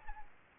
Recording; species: mosquito wingbeat signal from an infrared sensor; Aedes aegypti